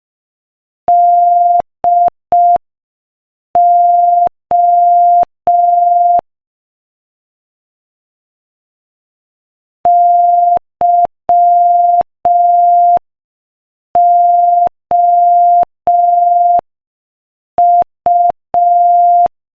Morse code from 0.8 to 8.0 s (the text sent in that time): DO